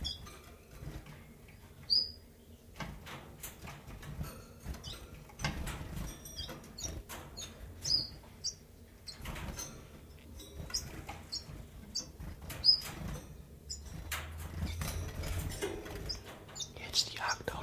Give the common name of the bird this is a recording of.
Common Chiffchaff